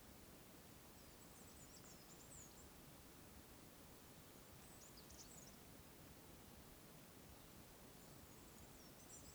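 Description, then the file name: Bird calls, high, squeaky chattering phrases recurring roughly every three seconds, faint above a steady, dense background hiss. Wild birds calling in the wild bird forest at Oneyama. "尾根山（おねやま）野鳥の森（野鳥たちの鳴き声"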